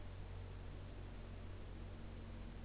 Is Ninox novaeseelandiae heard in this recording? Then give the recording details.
no. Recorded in New Zealand. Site Taranaki